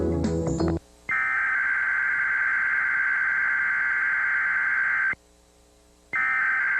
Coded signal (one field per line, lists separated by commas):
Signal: Emergency Alert System (SAME) tones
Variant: header bursts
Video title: (EAS TEST) Offically about Emergency 1/24/2021 WBNX the Owner with (Conelrad Radio Station)